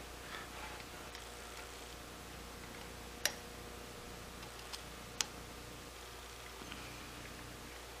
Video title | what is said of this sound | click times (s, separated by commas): Part 37: Carbureted Fuel Tank Conversion to In Tank EFI Pump - My 76 Mazda RX-5 Cosmo Restoration | and they just slide into a connector body and snap in place okay | 3.2 s, 5.2 s